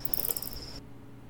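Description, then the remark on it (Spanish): A high, steady insect trill like a cricket or cicada, amplified to a normal listening level, with rapid pulsing chirps layered over it, buzzing for under a second before cutting off abruptly into quiet. “Que era un grillo en francés. Sí. Creo, algo así, una cigarra.”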